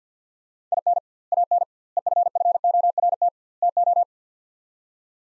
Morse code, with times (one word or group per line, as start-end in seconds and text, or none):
0.7-1.0 IN
1.3-1.6 AN
2.0-3.3 EFFORT
3.6-4.0 TO